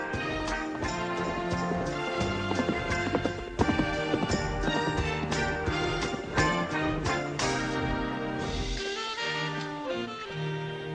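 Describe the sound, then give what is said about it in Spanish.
Horse hooves clip-clop in a steady, repeated rhythm of sharp knocks at an international horse show in Hawaii, mixed with loud, sustained tonal music that plays throughout without any talking. “Primer concurso hípico internacional de Hawái.”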